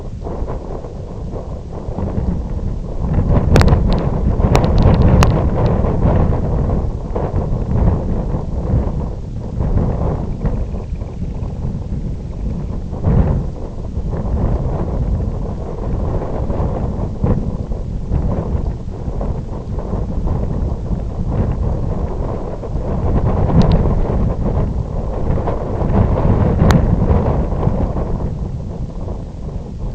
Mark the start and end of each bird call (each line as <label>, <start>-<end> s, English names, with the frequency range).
Semipalmated Sandpiper (1.6-3.6 kHz), 10.12-12.93 s